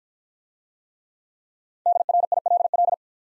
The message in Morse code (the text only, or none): DRILL